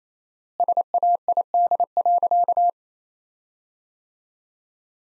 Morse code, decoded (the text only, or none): SAID.